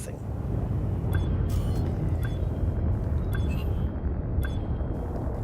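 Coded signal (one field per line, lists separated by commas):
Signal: none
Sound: a game's interface beeps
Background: speech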